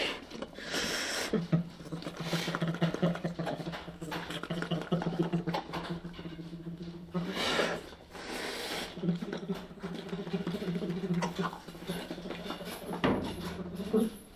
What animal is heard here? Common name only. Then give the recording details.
Sloth Bear. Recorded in captivity. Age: adult. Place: Tierpark Berlin, Berlin, DE. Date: 1967-12-09. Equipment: R 20/1, Sennheiser MD 421. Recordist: Tembrock, Günter